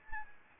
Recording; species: mosquito wingbeat signal from an infrared sensor; Anopheles arabiensis